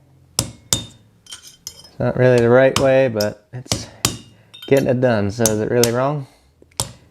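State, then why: Not seated. A rear hub seal for a GM 14 bolt rear hub is tapped around its edge with a punch and hammer, working it down into the hub bore. Sharp metallic strikes ring out at about 0.4, 0.7, 1.7, 4.1 and 6.8 seconds while someone talks in between. The seal has not seated or snapped home yet.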